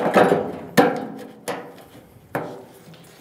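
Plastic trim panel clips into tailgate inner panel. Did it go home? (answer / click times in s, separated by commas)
no / none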